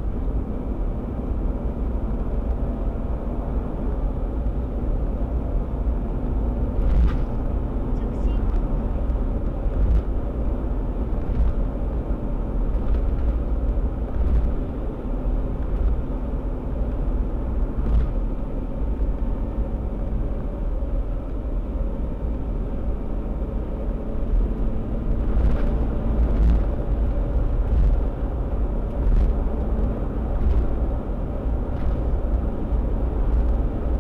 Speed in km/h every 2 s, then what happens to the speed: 78, 80, 80, 86, 86, 86, 86, 84, 85, 87, 88, 90, 93, 94, 90, 92, 90.
0-6 speeds up to 86. 6-15 steady at about 86. 15-25 speeds up to 94. 25-34 steady at about 90.